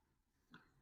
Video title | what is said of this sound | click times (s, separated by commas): 2 in 1 Battery sprayer assembling and testing. | പുറത്തത് അവിടെ എടുത്ത് ഇതിൽ വെച്ചാ അത് ലോക്ആയി | 0.5 s